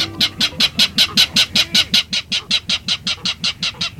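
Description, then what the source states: California clapper rail giving a loud, dry clattering call: a long, fast, steady series of harsh notes. Loud clatter of jolting notes, like a small engine cranking up, from dense vegetation in a salt marsh near San Francisco Bay; endangered.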